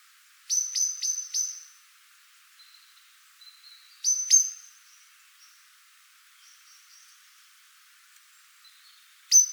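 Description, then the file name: Eurasian blackbird giving a fast run of four chinks, then a pair, then a single note, with faint thin whistles between. "Turdus merula"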